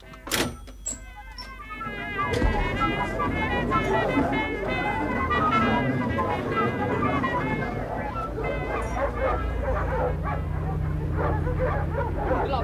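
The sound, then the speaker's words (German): Several dogs bark, yelp and whimper in a loud, overlapping chorus after a few sharp opening barks, their high whining cries layered over a low steady rumble. “Die armen Hunde. Einfach töten.”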